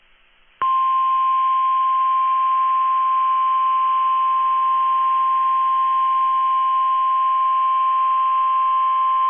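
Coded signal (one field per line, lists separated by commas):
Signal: Emergency Alert System (SAME) tones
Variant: 1050 Hz attention tone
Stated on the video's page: NOAA Weather Radio weekly tests.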